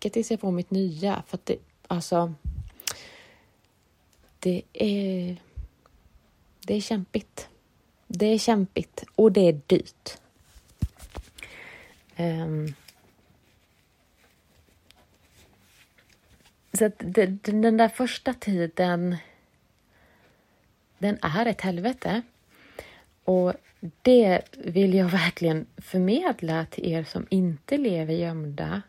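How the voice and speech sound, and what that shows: A woman speaks Swedish in halting phrases, drawing out short words such as "det" and "alltså" for up to a second, with long silent gaps between phrases. These prolongations and pauses fit adult stuttering with sound prolongations and blocks; her stutter is sometimes very audible and sometimes not at all. She has a protected identity.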